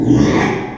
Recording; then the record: squeal of a Yucatan mini pig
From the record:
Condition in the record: after surgery on the right vocal fold (resection and tissue-engineered implant); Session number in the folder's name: 3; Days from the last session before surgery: 33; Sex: male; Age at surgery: 12 weeks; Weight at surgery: 13 kg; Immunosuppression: cyclosporine, prednisolone